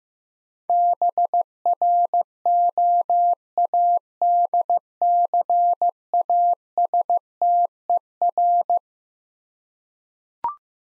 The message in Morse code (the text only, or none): BROADCASTER